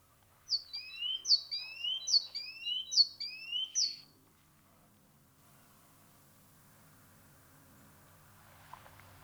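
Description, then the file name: Great tit singing several rapid two-note phrases, high then lower, over about three and a half seconds, followed by quiet with faint background hiss. "Parus major"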